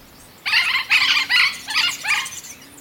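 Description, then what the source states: Yellow-eared parrot giving a quick run of five raspy, buzzy squawks, one after another over about two seconds. Colombia; lives in places with wax palms; populations in subtropical and temperate forests recovering.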